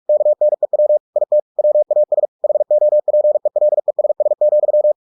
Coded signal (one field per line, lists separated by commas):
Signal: Morse code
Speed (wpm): 46 wpm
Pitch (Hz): 600 Hz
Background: none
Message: KNEW IT WAS HOPELESS,